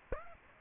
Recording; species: mosquito wingbeat signal from an infrared sensor; Aedes aegypti